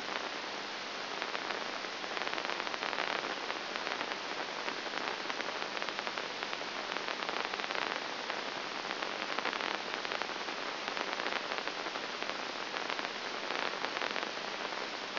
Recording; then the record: brain microelectrode recording played as sound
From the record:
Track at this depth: outside the subthalamic nucleus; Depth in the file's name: 0.705 mm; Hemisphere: left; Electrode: 2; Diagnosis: Parkinson's disease